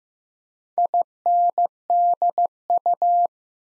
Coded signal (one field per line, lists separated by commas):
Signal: Morse code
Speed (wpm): 15 wpm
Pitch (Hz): 700 Hz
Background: none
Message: INDU